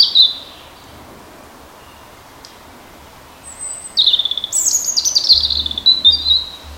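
European robin song: a short high note at first, then after a quiet pause a burst of thin, high whistles and sweeping trills in varied phrases.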